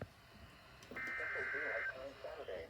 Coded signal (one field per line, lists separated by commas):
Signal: Emergency Alert System (SAME) tones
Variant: header bursts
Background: speech